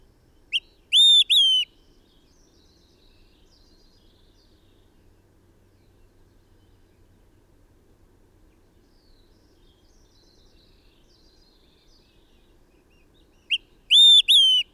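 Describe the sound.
Bird calls: a brief tick, then two loud, bright notes; the same short pattern returns near the end after a long quiet stretch.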